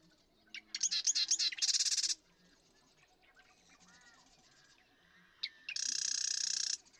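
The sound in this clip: Marsh Wren song given twice, each a few sharp introductory clicks followed by a fast, dry rattle, with softer buzzy songs in the gap between.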